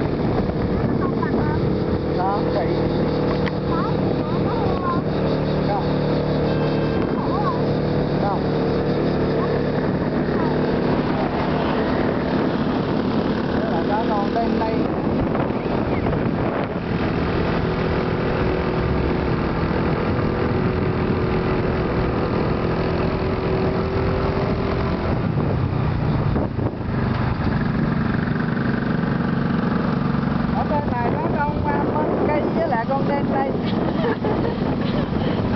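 A motorbike ride around Monkey Mountain in Da Nang, with a steady, dense engine drone and wind rush throughout. The engine pitch rises and falls as the bike speeds up and slows, and brief voices come through over the noise.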